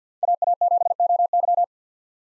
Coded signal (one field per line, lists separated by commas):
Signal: Morse code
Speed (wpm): 50 wpm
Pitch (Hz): 700 Hz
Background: none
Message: AA7OY